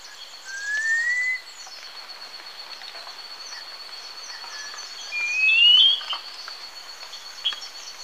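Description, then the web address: Black-winged saltator whistling two clean rising notes several seconds apart, the second higher, with a steady high tone throughout and faint chirps in the background. Recorded in Ecuador, South America. "WLL Grade 1-12 Pre-Uni Library Natures Songs S America Birds of Ecuador Black-winged Saltator"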